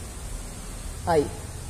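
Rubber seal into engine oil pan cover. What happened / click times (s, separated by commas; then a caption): The part is being handled and has not seated yet / none. A rubber seal is being fitted by hand into the groove of the oil pan cover on a Sentra 2.0 engine. Someone says a short word around 1.1 s over a steady background hiss and low hum. Nothing has seated or clicked yet.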